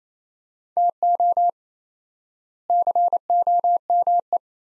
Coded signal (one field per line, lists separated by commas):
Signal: Morse code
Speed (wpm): 27 wpm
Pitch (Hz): 700 Hz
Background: none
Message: TO COME